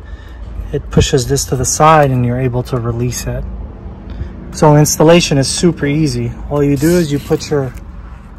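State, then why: Not seated. A man talks while handling the airbag wiring connector for the steering wheel airbag module of a BMW X1, about to plug it back in. His speech fills the clip over a low background, with no distinct impacts. Nothing has seated or clicked yet.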